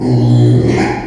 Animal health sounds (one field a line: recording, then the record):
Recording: squeal of a Yucatan mini pig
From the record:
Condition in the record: after surgery on the right vocal fold (resection and tissue-engineered implant)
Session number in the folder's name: 2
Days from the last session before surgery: 13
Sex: male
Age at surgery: 12 weeks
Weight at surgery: 13 kg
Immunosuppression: cyclosporine, prednisolone